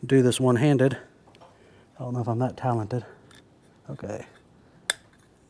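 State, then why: Seated. Someone talks while working one-handed to push a ball end into a small slot deep in a tractor replacement part's assembly, with a few faint handling sounds in the pauses. A single sharp click at 4.9 s marks the ball end seating into its slot.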